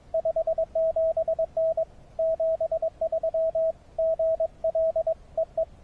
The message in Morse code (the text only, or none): 57N 73 GL E E